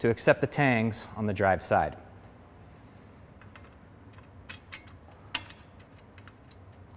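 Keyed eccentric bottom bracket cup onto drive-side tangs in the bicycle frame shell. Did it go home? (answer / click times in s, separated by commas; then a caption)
yes / 5.3 s. A keyed eccentric bottom bracket cup is lined up with the drive-side tangs in a bicycle frame shell and pushed on while someone talks. After a few faint ticks, it seats with one sharp snap at 5.4 s, followed by a couple of quieter ticks.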